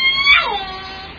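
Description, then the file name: Orca call: a short harmonic note that sweeps sharply downward and then fades into a flat tone, with steady background hiss. Recorded at Limekiln on 11 June 2014, late evening around 22:46. "2014 06 11 22 46 25 Orca limekiln"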